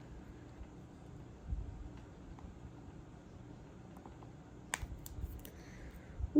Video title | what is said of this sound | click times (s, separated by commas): Diamond Paint With Me (Series 1.0) -- 💎 Diamond Painting 💎 | that was a satisfying snap | 4.7 s